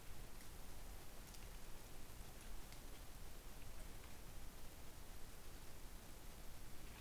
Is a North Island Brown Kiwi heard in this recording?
no